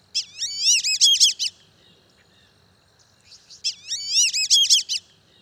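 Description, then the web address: Whistling duck giving two bursts of clear, rapid multi-note whistles, with quiet between them. "BIRD NOTE. Ducks That Whistle"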